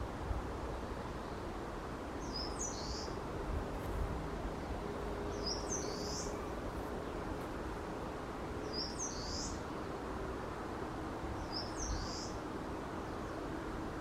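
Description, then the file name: Eastern crowned warbler song, a short high slurred phrase repeated about every three seconds over steady low background noise. Recorded on 25 April 2023. "20230425 センダイムシクイ"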